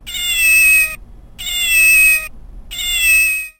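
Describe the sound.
Cat meowing: three drawn-out meows of about a second each, evenly spaced and alike, each holding a steady pitch.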